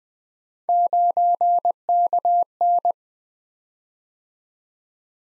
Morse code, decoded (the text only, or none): 9KN